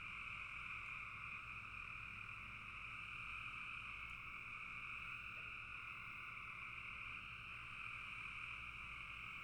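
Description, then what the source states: Frogs calling together in a continuous, even chorus that never pauses. Recorded in a bog.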